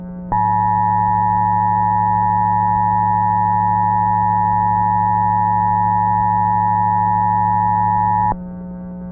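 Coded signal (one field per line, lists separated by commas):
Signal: Emergency Alert System (SAME) tones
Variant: 853 and 960 Hz attention tone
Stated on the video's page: Fictional, simulated alert scenario.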